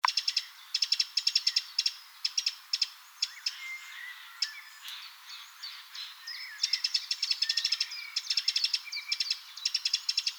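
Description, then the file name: Eurasian wren calls: dry rattling series of clicking notes in quick bursts, a quieter stretch in the middle with faint chirps, then the rattles resume. "Troglodytes troglodytes"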